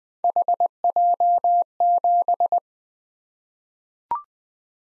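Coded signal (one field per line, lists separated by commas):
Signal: Morse code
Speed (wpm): 20 wpm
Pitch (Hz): 700 Hz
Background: none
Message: HJ7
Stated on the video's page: Morse practice drill at 20 wpm of random three-character letter-number groups for head-copy, each sent, spoken, then sent again.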